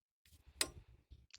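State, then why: Seated. A Moto Guzzi V85TT rear foot peg, with its spring-loaded detent ball compressed into the metal peg body, is wiggled into its mounting bracket between two shims. Low rustling and handling noise lead to a sharp, bright click at 0.6 s as the detent clicks into position, and the peg is seated and holds itself in place. A few faint ticks follow near the end.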